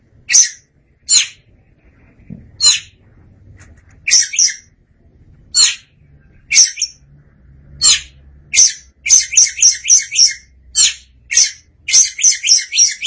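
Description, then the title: Oriental magpie-robin delivering a lively sequence of rasping notes that quicken into rapid stuttering bursts toward the end, over a faint low rumble. "Suara Kicauan Burung Kacer Durasi Panjang"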